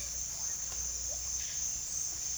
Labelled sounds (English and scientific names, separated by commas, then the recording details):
none
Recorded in secondary vegetation near Puerto Asís, Putumayo, Colombia, on 29 June 2025 at 15:00
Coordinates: 0.498, -76.327
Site GP09